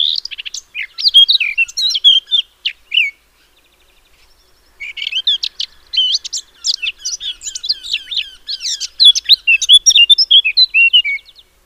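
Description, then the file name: Eurasian blackcap warbling song: rapid, varied, high chattering phrases for about three seconds, a short pause, then a longer burst of fast mixed notes. "Sylvia atricapilla"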